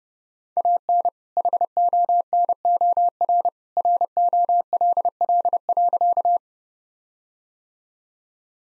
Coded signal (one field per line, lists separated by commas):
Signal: Morse code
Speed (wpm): 32 wpm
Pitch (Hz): 700 Hz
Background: none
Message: AN HONOR ROLL.